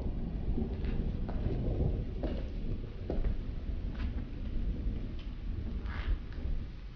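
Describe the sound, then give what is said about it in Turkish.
Steady rain pours down in a dense, unbroken hiss with a heavy low rumble underneath, broken now and then by faint ticking taps and drips. No one speaks. “Yağmur ne güzel yağıyor.”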